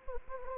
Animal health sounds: mosquito wingbeat signal from an infrared sensor; Anopheles gambiae

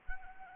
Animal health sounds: mosquito wingbeat signal from an infrared sensor; Anopheles arabiensis

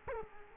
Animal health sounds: mosquito wingbeat signal from an infrared sensor; Culex quinquefasciatus

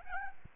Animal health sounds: mosquito wingbeat signal from an infrared sensor; Aedes albopictus

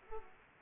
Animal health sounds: mosquito wingbeat signal from an infrared sensor; Aedes aegypti

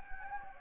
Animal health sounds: mosquito wingbeat signal from an infrared sensor; Anopheles gambiae

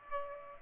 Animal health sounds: mosquito wingbeat signal from an infrared sensor; Aedes aegypti

